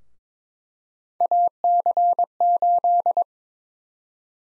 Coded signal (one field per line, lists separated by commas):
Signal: Morse code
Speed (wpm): 22 wpm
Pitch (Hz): 700 Hz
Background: none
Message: AC8